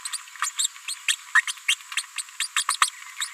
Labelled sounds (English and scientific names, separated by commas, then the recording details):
Green-rumped Parrotlet (Forpus passerinus) babbling
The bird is a female
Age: 31 days
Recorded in a nest box in Venezuela
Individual 17B73B2